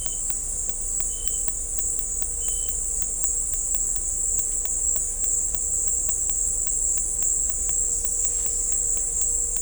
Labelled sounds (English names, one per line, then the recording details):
none
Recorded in dense forest near Puerto Asís, Putumayo, Colombia, on 21 December 2024 at 17:00
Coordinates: 0.500, -76.322
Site G053